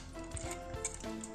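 A rusted padlock that has just been cleaned now opens easily, and its shackle is pressed back into the lock body, making brief sharp knocks around 0.4, 0.9 and 1.2 seconds over a steady tonal hum. The shackle does not latch, so nothing has seated or clicked yet and the padlock fails to lock.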